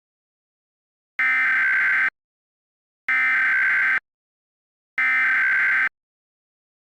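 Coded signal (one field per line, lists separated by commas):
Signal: Emergency Alert System (SAME) tones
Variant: header bursts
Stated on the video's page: Fictional EAS scenario about a cataclysmic solar flare, with voice actors.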